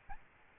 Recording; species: mosquito wingbeat signal from an infrared sensor; Aedes albopictus